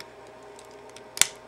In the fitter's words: So our 2 blues are locking in like this.